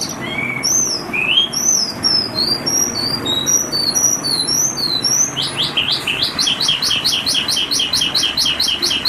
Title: Suara Burung Branjangan